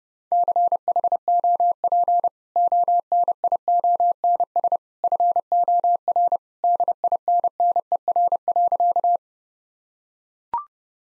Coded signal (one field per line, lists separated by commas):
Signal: Morse code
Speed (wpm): 30 wpm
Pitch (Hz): 700 Hz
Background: none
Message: CHOP ONIONS FOR DINNER.